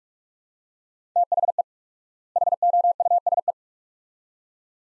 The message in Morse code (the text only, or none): THE HOUSE